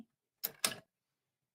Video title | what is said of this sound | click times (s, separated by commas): LIVE 4YourCNA Classroom! Class 6 - Key CNA Skills: Transfers, Feeding, & Peri Care! 🦽🍽️ | you hear that click | 0.5 s, 0.6 s